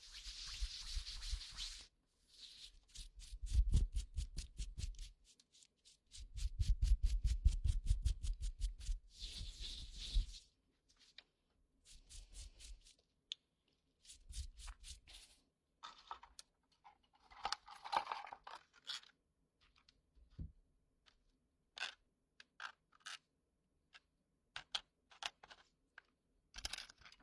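A goose-feather stick cleans an ear, making dense, crackly scratching and rustling in bursts, loudest and fullest in the first ten seconds with a deep muffled rumble. Afterward the strokes turn lighter and sparser, with brief ticks and soft brushing.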